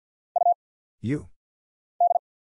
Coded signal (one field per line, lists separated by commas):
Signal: Morse code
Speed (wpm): 50 wpm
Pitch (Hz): 700 Hz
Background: none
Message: U D